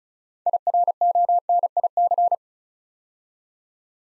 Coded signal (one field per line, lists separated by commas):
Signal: Morse code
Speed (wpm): 36 wpm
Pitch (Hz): 700 Hz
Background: none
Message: IRONIC